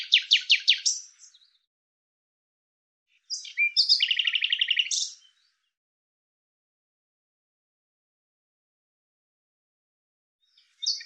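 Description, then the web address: Common Nightingale singing a rapid pulsed phrase, then after a pause a richer phrase with a fast rattling trill, followed by long silence and a brief final note. "Deverinetal 2025"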